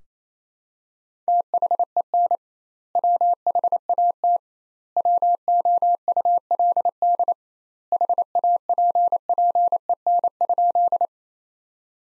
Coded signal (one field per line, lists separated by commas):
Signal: Morse code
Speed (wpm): 28 wpm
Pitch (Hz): 700 Hz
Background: none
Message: THEN WHAT WOULD HAPPEN?